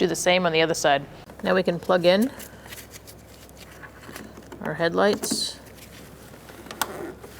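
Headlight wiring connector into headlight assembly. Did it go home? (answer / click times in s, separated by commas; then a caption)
yes / 6.8 s. Someone talks while working on a 2014-2019 Kia Soul 1.6L L4 during a cooling fan assembly replacement, then plugs the plastic wiring connector into the headlight assembly. A few faint ticks and handling noises follow the talking, and the connector snaps home with a sharp click at 6.8 seconds, seated and on tight.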